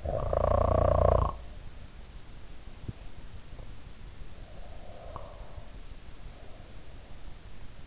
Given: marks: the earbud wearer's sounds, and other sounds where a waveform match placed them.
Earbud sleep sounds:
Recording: sounds in sleep by an in-ear microphone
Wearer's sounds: snoring breath, breath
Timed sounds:
0.00-1.51 s: snoring breath
4.34-6.25 s: breath

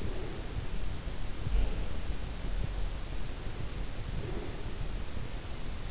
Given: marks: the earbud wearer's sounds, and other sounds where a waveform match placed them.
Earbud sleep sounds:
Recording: sounds in sleep by an in-ear microphone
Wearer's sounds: breath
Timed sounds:
0.00-0.69 s: breath
1.41-2.18 s: breath
4.23-5.07 s: breath

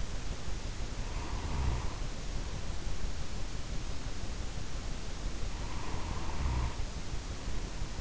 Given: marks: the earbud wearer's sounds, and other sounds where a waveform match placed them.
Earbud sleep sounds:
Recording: sounds in sleep by an in-ear microphone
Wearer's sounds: snoring breath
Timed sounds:
0.92-2.84 s: snoring breath
5.46-8.01 s: snoring breath

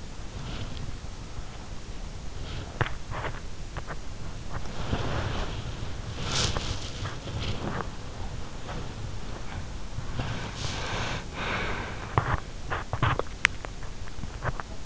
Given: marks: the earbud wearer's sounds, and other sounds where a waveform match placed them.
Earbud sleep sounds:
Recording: sounds in sleep by an in-ear microphone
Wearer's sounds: body movement, breath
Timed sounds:
0.00-14.85 s: body movement
10.17-12.51 s: breath

